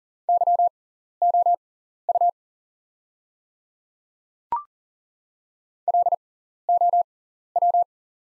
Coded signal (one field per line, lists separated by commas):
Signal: Morse code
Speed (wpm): 40 wpm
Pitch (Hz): 700 Hz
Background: none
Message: YOU LOW